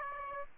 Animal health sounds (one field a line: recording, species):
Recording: mosquito wingbeat signal from an infrared sensor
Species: Aedes aegypti